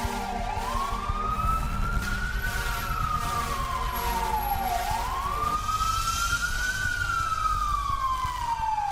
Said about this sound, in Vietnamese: Rồi sau đó là tiếng xe lao vùn vút đưa bà đi cấp cứu.